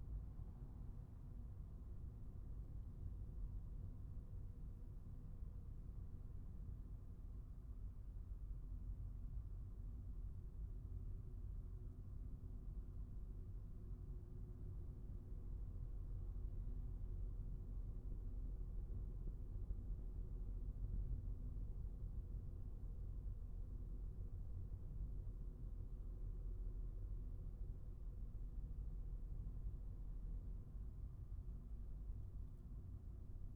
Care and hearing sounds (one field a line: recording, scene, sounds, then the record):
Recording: everyday scene through a hearing-aid microphone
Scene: in a vehicle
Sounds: engine, highway driving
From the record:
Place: Skoda Fabia, gasoline engine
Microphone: behind the ear, right, front